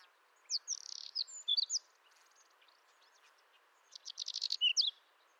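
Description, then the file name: Common redpoll giving a buzzy trill and rapid twittering chips, then after a pause another fast series of dry, buzzy chattering notes. "Sizerin-flammé"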